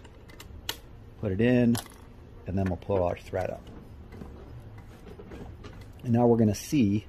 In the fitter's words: I don't hold this clip like I'm taking it out, because I want to make sure I hear that audible click when I put it back in.